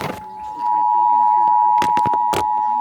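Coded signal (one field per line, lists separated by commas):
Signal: Emergency Alert System (SAME) tones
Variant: 853 and 960 Hz attention tone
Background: speech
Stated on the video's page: Ohio required monthly test SAME tones on EAS/NOAA Weather Radio, relayed by several stations including WLW.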